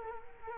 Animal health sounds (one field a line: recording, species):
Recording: mosquito wingbeat signal from an infrared sensor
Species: Culex quinquefasciatus